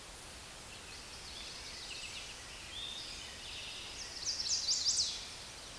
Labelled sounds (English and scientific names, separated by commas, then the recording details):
Chestnut-sided Warbler (Setophaga pensylvanica) song
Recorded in a Pennsylvania forest on 16 May 2024 at 08:38
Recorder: AudioMoth, point MSD-1849
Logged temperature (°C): 12.1 °C
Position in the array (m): 21 m, 25 m